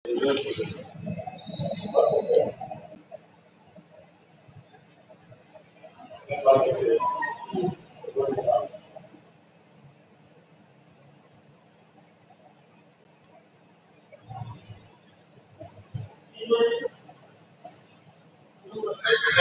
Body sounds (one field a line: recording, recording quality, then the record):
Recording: deep breathing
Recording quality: moderate, slight background noise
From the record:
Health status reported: COVID-19 positive, mild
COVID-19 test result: positive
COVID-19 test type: RT-PCR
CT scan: taken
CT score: 4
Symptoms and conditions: cough, breathing difficulty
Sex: male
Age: 18 years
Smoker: no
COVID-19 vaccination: none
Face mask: not worn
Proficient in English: yes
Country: India